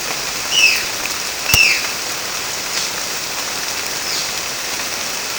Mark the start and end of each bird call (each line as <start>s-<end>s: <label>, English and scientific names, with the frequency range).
0.50s-0.87s: Violaceous Jay (Cyanocorax violaceus) (1.2-7.0 kHz)
1.42s-1.89s: Violaceous Jay (Cyanocorax violaceus) (1.1-7.9 kHz)
4.04s-4.34s: Violaceous Jay (Cyanocorax violaceus) (2.3-7.3 kHz)